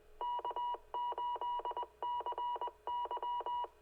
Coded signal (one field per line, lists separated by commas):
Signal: Morse code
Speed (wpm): 20 wpm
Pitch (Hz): 2900 Hz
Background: none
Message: K8CY